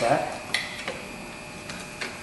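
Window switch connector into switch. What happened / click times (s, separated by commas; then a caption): The second connector snapped into place / 0.5 s. The second window switch connector on a 2001-2005 Ford Explorer is pushed into the switch and snaps into place with a sharp click at 0.6 s, followed by a softer tick near 0.9 s. Someone talks at the start, and the connector is seated.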